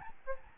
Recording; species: mosquito wingbeat signal from an infrared sensor; Aedes albopictus